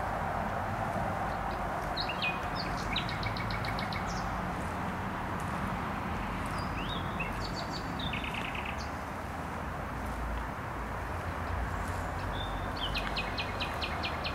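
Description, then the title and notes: Nightingale singing several phrases: clicking rattles, whistled slurs and repeated notes, spaced by pauses, under continuous heavy traffic roar. Singing in bushes beside the noisy Trasa Toruńska motorway, Bródno-Podgrodzie, Warsaw, Poland; recorded with an Olympus LS-11. "Bródno-Podgrodzie, Warszawa, Polska - Trasa Toruńska Nightingale. Recording nightingale singing in bushes close to noisy motorway"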